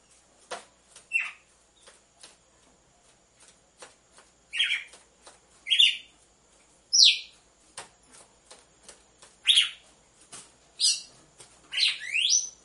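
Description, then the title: Red-cowled cardinal repeating harsh, scratchy chirps among soft clicking sounds. Female red-cowled cardinal song, used to warm up males. "Canto Galo Campina Fêmea 01. ESQUENTE GALO DE CAMPINA COM BATIDA DE DOIS MACHOS"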